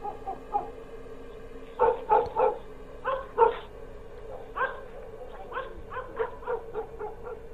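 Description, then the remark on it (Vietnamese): Dogs bark repeatedly from far off at the far end of the village at night, a series of short, sharp yaps in uneven bursts, some clustered together, with a steady low background hum. “Đâu đó ở bên đầu làng xa xa, tiếng chó cắn ma cứ ong ổng, nghe đến não hết cả lòng.”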